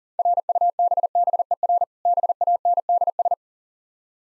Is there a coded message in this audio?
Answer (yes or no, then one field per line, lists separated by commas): yes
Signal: Morse code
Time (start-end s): 0.2-3.3 s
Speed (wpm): 40 wpm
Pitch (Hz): 700 Hz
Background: none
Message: RUBBER BANDS